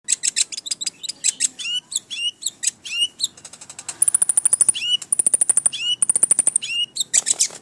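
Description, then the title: Oriental magpie-robin song, a fast varied stream of high chirps and sweeps, with rapid rattling trills topped by a long high whistle, repeated three times in the second half. "Kicau Kacer"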